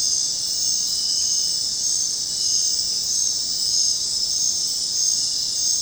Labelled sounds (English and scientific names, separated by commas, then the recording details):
none
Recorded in dense forest near Puerto Asís, Putumayo, Colombia, on 23 June 2025 at 21:00
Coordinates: 0.499, -76.324
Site G100